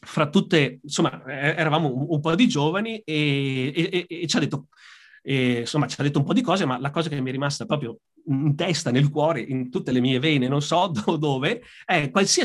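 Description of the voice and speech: An adult man who stutters very severely, since adolescence, speaks Italian in a conversational voice. He repeats short words ('un, un', 'e, e, e') and draws out an 'e' sound. Silent gaps of up to about 0.7 seconds break up the phrases. These repetitions and prolongations are typical of stuttering.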